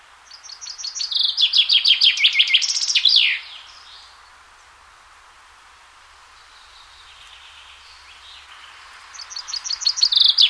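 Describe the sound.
Chaffinch song, a bright series of sharp notes dropping into a terminal flourish, followed by a pause and the start of another strophe.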